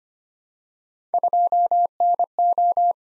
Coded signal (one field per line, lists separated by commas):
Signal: Morse code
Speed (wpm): 25 wpm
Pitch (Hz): 700 Hz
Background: none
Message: 2NO